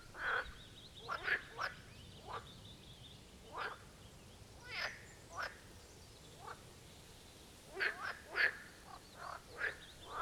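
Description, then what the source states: Marsh frogs calling, many short rattling croaks from several frogs at irregular intervals, clustering near the end. Chorus at the Birkensee, Schönbuch, Germany, on one of the first proper hot summer days of 2023.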